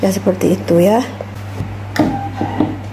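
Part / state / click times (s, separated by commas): plastic lock on a plastic cabinet panel / seated / 2.0 s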